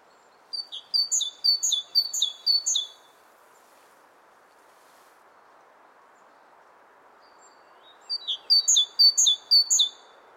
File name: Great Tit, Kohlmeise